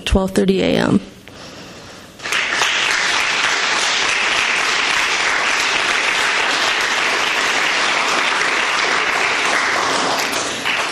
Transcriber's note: applause